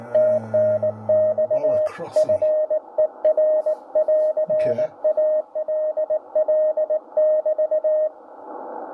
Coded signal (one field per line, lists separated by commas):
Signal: Morse code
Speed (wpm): 19 wpm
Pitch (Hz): 620 Hz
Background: radio noise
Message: TNX FER <AR> ALL <BT>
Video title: IK1LBL & OZ4JU 60mtrs CW , 5300khz - 6200khz AM/USB